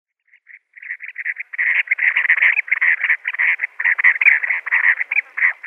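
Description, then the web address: Chestnut-bellied sandgrouse flock calls, a dense run of throaty, clipped chattering notes that starts softly and builds into near-continuous overlapping chuckles. "Schulze Peter Chestnut-bellied Sandgrouse"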